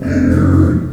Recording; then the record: squeal of a Yucatan mini pig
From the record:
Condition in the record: after surgery on the right vocal fold (resection and tissue-engineered implant); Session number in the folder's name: 7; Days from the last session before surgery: 47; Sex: female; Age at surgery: 19 weeks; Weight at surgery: 25 kg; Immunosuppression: prednisolone